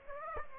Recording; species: mosquito wingbeat signal from an infrared sensor; Aedes aegypti